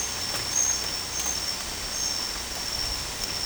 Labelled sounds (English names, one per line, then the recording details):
none
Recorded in dense forest near Puerto Asís, Putumayo, Colombia, on 18 December 2024 at 22:30
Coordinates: 0.484, -76.317
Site G026